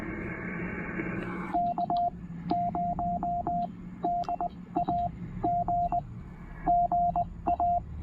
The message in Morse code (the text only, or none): K0DAG GA